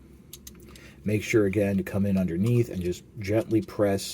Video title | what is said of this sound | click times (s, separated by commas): Machine Robo Universe UnitRoborn UnitRobo BeetleSteamengine and TaxiTree | then straighten out everything that it snaps into place | 0.3 s, 0.5 s